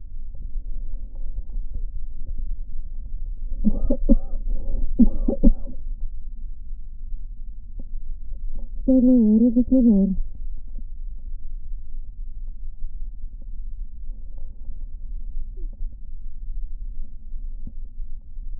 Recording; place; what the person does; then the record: lung sounds by stethoscope; right posterior basal chest; quiet breathing, then cough and speech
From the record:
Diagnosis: interstitial lung disease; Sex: female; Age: 60 years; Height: 152 cm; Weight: 55.9 kg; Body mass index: 24.2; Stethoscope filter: diaphragm mode